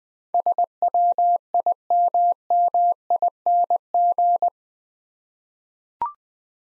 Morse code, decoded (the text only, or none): SWIMMING